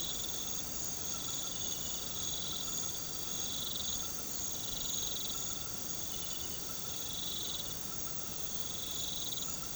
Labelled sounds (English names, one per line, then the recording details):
none
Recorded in pastures near Puerto Asís, Putumayo, Colombia, on 13 March 2025 at 21:00
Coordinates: 0.486, -76.323
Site G075